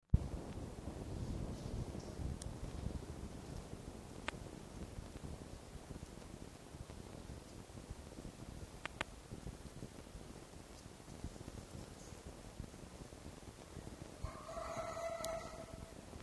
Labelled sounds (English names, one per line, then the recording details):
Red Fox
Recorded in captivity
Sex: pair
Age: adult
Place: Zoologisches Institut der HUB, Berlin, DE
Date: 1955-03-09 13:20
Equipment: Elmetra
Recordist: Tembrock, Günter